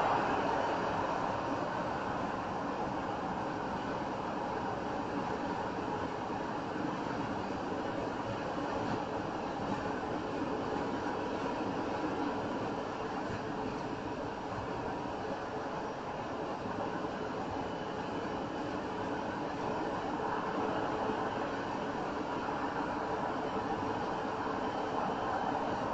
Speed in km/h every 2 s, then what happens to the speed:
87, 87, 87, 87, 89, 89, 89, 87, 87, 87, 89, 89, 89.
0-26 steady at about 87.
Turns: none.